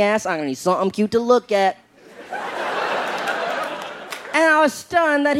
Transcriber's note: soundbite of laughter